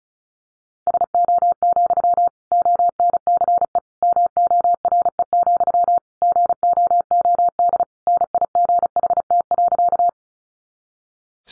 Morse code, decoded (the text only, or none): SO, ONCE MORE, GOOD NIGHT.